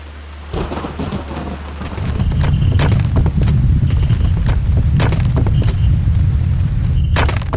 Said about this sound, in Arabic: ما الذي جرى؟ أهو زلزال؟ بل سقط البرق على الصخرة فأغلقت مدخل الغار.